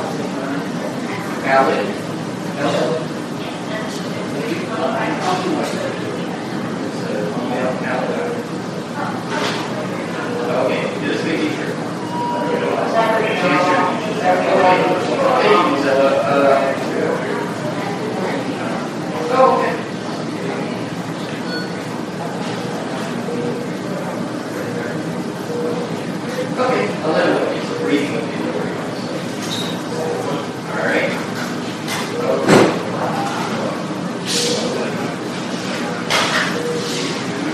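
A hospital emergency room with overlapping voices talking steadily throughout, a low constant hum beneath, and occasional sharp clicks and knocks.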